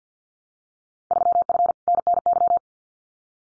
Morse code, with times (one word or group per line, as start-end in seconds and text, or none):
1.1-1.7 3F
1.9-2.6 NNY